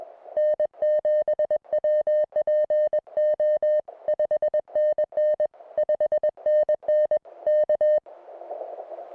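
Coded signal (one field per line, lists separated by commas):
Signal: Morse code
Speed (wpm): 21 wpm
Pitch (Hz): 610 Hz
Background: music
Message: N7WPO 5NN 5NN K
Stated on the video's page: Unedited CW contacts from a summit activation of two Idaho summits, usable as CW practice.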